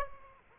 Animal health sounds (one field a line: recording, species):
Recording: mosquito wingbeat signal from an infrared sensor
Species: Aedes aegypti